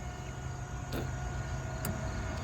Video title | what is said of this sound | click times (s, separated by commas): DIY! HOW TO CHANGE HEADLIGHT BULBS ON A 2011-2017 HONDA ODYSSEY! | once it's in there it clicks into place and there you go | 1.9 s